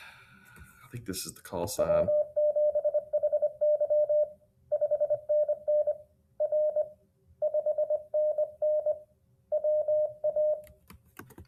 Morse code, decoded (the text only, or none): W7HY 5NN R 5NN WA